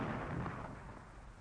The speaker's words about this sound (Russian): Итак, сегодня ночью. Пять. Неужто бой опять? Шесть. Это салют. Совершенно верно. 6-дюймовая батарея салютует.